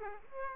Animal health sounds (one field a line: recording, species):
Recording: mosquito wingbeat signal from an infrared sensor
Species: Aedes aegypti